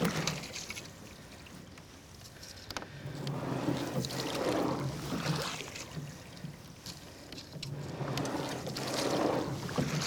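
Close, head-level recording of a rower at steady training pace: rhythmic splashes and oar strokes every two seconds over a low hum.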